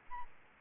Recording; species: mosquito wingbeat signal from an infrared sensor; Aedes albopictus